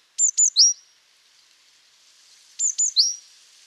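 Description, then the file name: Great tit calling, two bright clipped notes and a lower slurred note, the phrase given twice about two and a half seconds apart. "Parus major"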